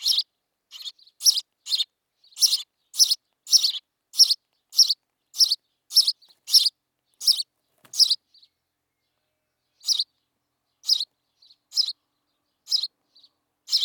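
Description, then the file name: House sparrow chirping, a rapid string of sharp, bright chirps, then a pause and more spaced chirps with faint softer notes between. "Passer domesticus"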